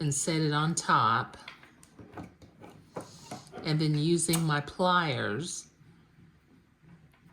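Someone talks while handling the two halves of a plastic snap and snap pliers, getting ready to press the snap home through the fabric of a baby garment. Faint short taps and rustles come between the words around 1.6 to 3.5 s. Nothing has seated or clicked yet.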